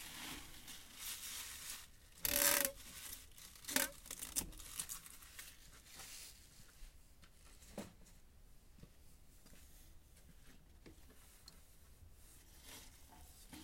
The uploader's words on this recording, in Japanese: 夕方、収穫してきた水かけ菜の、出荷準備をしています。秤で重さをはかり、テープで巻き付けて束にしていきます。